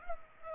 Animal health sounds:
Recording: mosquito wingbeat signal from an infrared sensor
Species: Culex pipiens

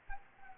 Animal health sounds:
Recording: mosquito wingbeat signal from an infrared sensor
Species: Anopheles arabiensis

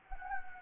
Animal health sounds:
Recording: mosquito wingbeat signal from an infrared sensor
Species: Anopheles gambiae

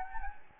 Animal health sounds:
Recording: mosquito wingbeat signal from an infrared sensor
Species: Anopheles gambiae

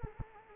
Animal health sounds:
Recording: mosquito wingbeat signal from an infrared sensor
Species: Culex quinquefasciatus

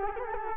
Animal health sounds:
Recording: mosquito wingbeat signal from an infrared sensor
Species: Culex quinquefasciatus

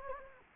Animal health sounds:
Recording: mosquito wingbeat signal from an infrared sensor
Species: Anopheles gambiae

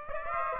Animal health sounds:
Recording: mosquito wingbeat signal from an infrared sensor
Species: Aedes aegypti

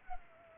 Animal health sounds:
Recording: mosquito wingbeat signal from an infrared sensor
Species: Culex pipiens

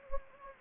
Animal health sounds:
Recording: mosquito wingbeat signal from an infrared sensor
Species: Anopheles gambiae

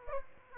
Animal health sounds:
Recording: mosquito wingbeat signal from an infrared sensor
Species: Aedes aegypti

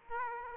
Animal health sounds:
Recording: mosquito wingbeat signal from an infrared sensor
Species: Aedes aegypti

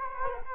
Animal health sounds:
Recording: mosquito wingbeat signal from an infrared sensor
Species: Culex quinquefasciatus

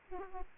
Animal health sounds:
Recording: mosquito wingbeat signal from an infrared sensor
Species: Aedes aegypti

